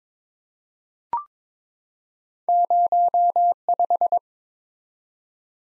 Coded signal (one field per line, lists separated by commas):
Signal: Morse code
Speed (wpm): 22 wpm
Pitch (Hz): 700 Hz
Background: none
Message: 05